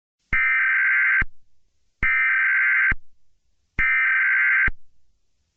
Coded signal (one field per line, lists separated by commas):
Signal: Emergency Alert System (SAME) tones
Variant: header bursts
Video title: EAS Scenario #7: Foggy Day